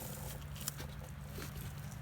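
An electrical connector is pushed home onto a new Standard-brand part with its clip on the AC compressor circuit of a Panther-platform car. A single sharp click at 0.7 s stands out over a steady low hum, and the connector locks into place, seated.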